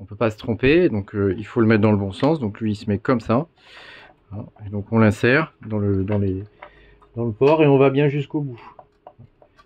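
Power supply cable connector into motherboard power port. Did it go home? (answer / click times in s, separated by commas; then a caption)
yes / 9.1 s. A keyed power supply cable connector, the second of two, is inserted the right way round into its motherboard power port and pushed all the way in while someone talks. It clicks into place at 9.1 s, followed by a fainter tick at 9.4 s, and the connector is seated.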